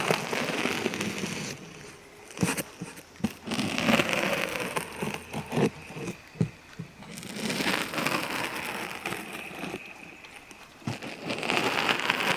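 Close scratching and tapping sounds fill the clip, with sharp percussive taps landing around 2.5, 3, 5.5, 6.5 and 11 seconds. A soft, breathy rush swells and fades between them, busiest early and again after 7 seconds, over crackly, dense texture.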